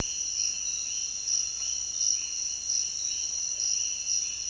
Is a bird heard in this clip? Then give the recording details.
no. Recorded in dense forest near Puerto Asís, Putumayo, Colombia, on 22 June 2025 at 06:00. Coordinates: 0.466, -76.327. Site GP04